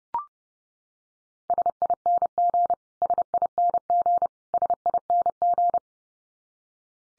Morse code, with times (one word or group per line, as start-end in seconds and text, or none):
1.5-2.7 SING
3.0-4.3 SING
4.5-5.8 SING